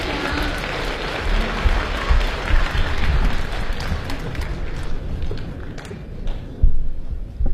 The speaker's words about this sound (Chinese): 下边呢又是对口相声了，而且呢这个演员是非常重量级的，甭管是这个资历啊，还是体型啊，分量啊，都是重量级的。咱们掌声有请著名相声表演艺术家